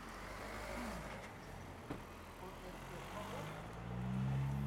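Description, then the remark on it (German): Steady road traffic at an airport rumbles past, with engine hum rising and falling as cars go by, a brief thump midway and a louder, deeper engine drone swelling toward the end. “Wir fahren Autos noch vorbei.”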